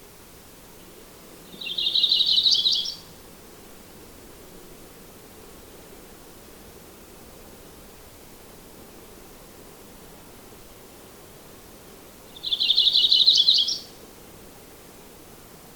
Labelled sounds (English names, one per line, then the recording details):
Yellow-rumped Warbler song
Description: Audubon's Warbler song recorded on the Gem Lake Trail in Rocky Mountain National Park
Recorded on 22 June 2015